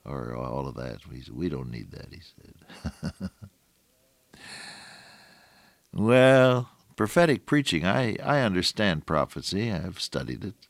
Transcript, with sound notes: or all of that, we don’t need that,” he said. [chuckle] Well, prophetic preaching, I understand prophecy, I’ve studied it.